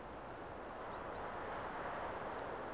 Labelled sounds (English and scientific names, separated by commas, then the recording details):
Great Tit (Parus major)
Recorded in Germany
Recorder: ecoPi